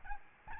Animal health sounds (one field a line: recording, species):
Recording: mosquito wingbeat signal from an infrared sensor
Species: Aedes albopictus